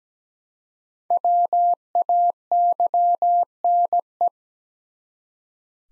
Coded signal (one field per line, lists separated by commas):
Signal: Morse code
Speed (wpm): 17 wpm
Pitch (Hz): 700 Hz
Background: none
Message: WAYNE